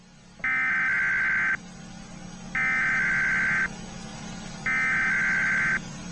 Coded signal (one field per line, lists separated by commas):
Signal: Emergency Alert System (SAME) tones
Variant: header bursts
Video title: EAS kinda real Scenario short: Milton